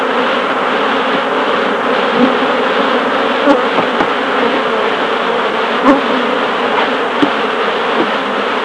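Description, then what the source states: Honey bees buzzing in a dense, steady hum from many insects, with occasional faint clicks and taps. Recorded at a beehive.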